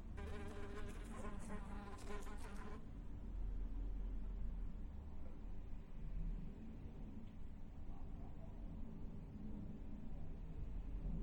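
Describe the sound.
Fly buzz, a humming drone for nearly three seconds that stops abruptly, leaving low background rumble.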